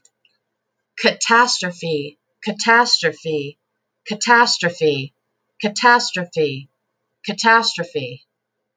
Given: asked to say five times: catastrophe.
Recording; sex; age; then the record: repeated word; female; 40 to 49 years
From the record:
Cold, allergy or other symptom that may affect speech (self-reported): no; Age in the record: 40 years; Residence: Alaska, United States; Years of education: 17